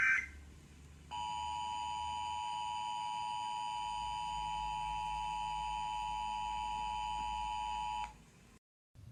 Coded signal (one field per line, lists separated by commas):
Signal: Emergency Alert System (SAME) tones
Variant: 853 and 960 Hz attention tone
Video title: EAS Scenario: Hurricane Outbreak Disaster